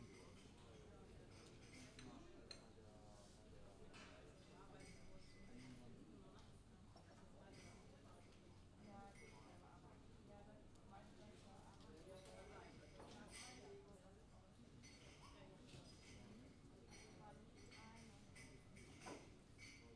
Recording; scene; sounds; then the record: everyday scene through a hearing-aid microphone; many people talking; many voices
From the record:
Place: university cafeteria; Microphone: in the ear canal, left